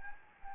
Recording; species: mosquito wingbeat signal from an infrared sensor; Anopheles gambiae